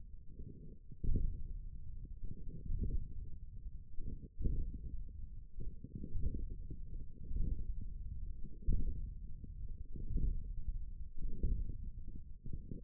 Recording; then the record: forearm muscle sounds (acoustic myography)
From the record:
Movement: hook grip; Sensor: system 1, eight BSWA MPA416 microphones around the upper forearm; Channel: 7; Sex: male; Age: 28 years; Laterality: right